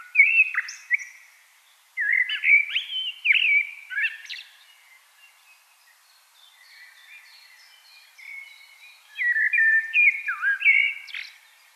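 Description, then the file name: Common blackbird delivering repeated warbled phrases, fluting low notes mixed with high thin squeaks, with quieter stretches of softer twittering between. "Turdus merula"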